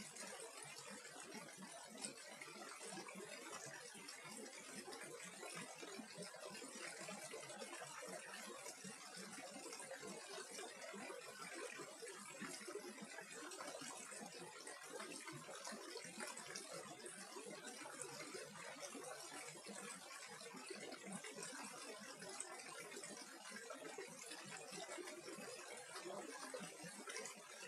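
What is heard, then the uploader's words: Water gurgles steadily in a mountain brook, a dense, unbroken bubbling and splashing that holds an even level for the whole stretch. The sound sits bright, full of quick rattling trickles, with no other sounds rising above the flow. The sound of the gurgling water in the deep mountain brook.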